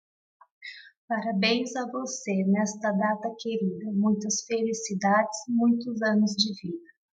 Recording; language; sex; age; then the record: short text; Brazilian Portuguese; female; 20 to 29 years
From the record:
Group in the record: control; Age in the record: 28 years